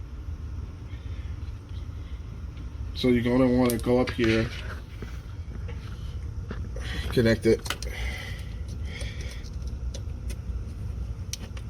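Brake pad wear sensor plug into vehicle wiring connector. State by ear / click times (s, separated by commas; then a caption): seated / 11.3 s. On a BMW 5 Series, the new front brake pad wear sensor's plastic plug is pushed into its wiring connector up behind the brake. Someone talks, then there is quiet handling noise with a few faint ticks. The plug seats with a sharp snap at 11.3 s.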